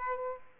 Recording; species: mosquito wingbeat signal from an infrared sensor; Aedes aegypti